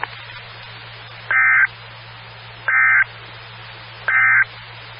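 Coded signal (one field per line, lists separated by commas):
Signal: Emergency Alert System (SAME) tones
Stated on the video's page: Alert tones heard on a 147.255 MHz SKYWARN amateur repeater.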